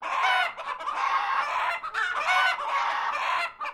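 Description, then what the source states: Chickens squawking in a dense, continuous chorus of harsh, raspy calls that overlap and swell, with brief dips between bursts and a short final squawk. Japanese chickens, several birds, squawking.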